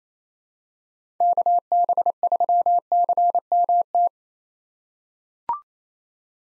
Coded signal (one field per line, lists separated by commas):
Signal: Morse code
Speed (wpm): 28 wpm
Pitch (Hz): 700 Hz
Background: none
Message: KB3CMT